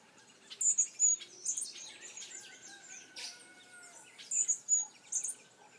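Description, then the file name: Hummingbird calls: squeaky, very high chips in short bursts near the start and end, with a steady background of other chirping birds. "Colibri"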